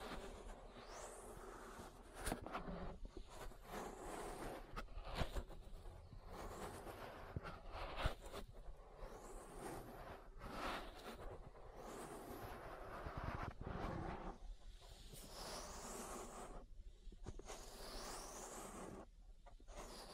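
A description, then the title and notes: Ear massage sounds: dense, continuous rubbing and scratching over a steady low rumble, broken by brief quiet dips and sharp taps. Bright swishing strokes rise and fall every few seconds, most clearly toward the end. ASMR Relaxing Ear Massage. (No Talking).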